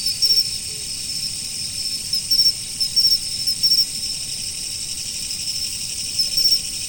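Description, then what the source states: Insects chirping over a constant high whirring background, short pulsed chirps arriving in small clusters with irregular gaps between them. Autumn insects.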